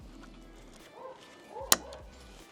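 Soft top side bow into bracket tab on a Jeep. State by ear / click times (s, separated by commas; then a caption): seated / 1.7 s. The second spring-loaded side bow of a Bestop soft top is dropped onto its bracket tab on the other side of a Jeep. A single sharp click at 1.7 s stands out over quiet background, and the bow is seated in place.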